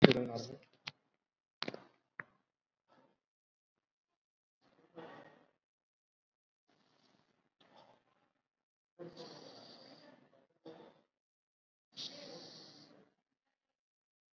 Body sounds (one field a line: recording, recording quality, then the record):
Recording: shallow breathing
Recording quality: excellent, no background noise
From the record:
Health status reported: COVID-19 positive, moderate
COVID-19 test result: positive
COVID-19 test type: RT-PCR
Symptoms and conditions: cough, cold, fever, fatigue, muscle pain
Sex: male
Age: 41 years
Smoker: no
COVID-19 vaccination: one dose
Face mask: worn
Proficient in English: yes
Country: India